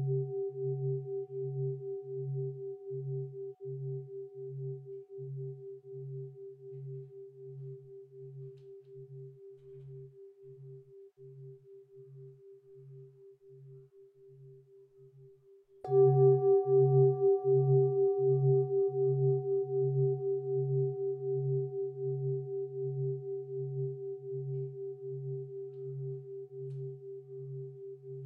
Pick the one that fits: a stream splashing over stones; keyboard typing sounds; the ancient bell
the ancient bell